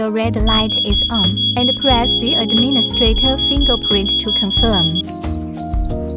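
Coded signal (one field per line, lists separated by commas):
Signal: none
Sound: fingerprint lock's reset beeps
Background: speech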